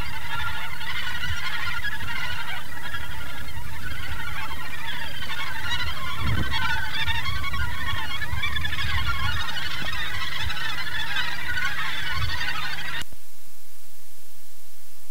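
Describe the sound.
Northern gannet chorus of overlapping harsh, throaty calls over a low roar, stopping abruptly near the end.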